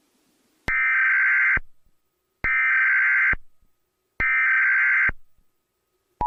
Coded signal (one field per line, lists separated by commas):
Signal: Emergency Alert System (SAME) tones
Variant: header bursts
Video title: EAS Scenario #1 - The Devils Soundwaves